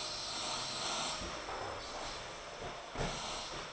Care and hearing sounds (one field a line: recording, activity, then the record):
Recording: daily activity, microphone in the room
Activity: vacuum cleaning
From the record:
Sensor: 5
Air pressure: 995.4 hPa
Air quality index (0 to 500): 81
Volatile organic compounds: 3 ppm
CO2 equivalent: 1495 ppm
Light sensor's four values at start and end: 35/85/34/35 and 35/86/34/35